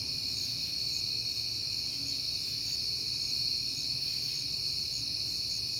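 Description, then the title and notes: Crickets ringing in a steady high chorus, with faint higher chirps at intervals and low background rumble. Crickets, heard often in September, recorded on a peaceful night. "Night Time: Crickets and Passing Cars. It is September and I have been hearing the crickets a lot, but finally had a peaceful night to make the recording"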